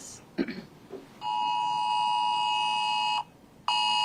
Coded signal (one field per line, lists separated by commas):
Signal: Emergency Alert System (SAME) tones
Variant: 853 and 960 Hz attention tone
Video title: Multnomah County officials discuss emergency alert system test happening Thursday